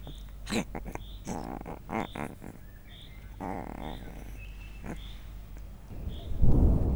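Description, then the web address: Leopard cub uttering short wavering mewing calls between rustling knocks, ending in a burst of low rumbling noise. Captive three-week-old leopard cub at a zoo in Miskolc, recorded in 2009. "2009 leopard haromheteskolyokparcentirol mennydorges"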